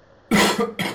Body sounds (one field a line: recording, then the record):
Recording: coughing mixed with background sound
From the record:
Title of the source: Man Coughing Sound - Wet Cough Sound Effect